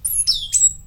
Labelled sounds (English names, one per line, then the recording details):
Stitchbird song
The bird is a male
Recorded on Tiritiri Matangi Island, New Zealand, in 2005
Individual 22, of nest box 31